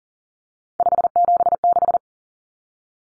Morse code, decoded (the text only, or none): 576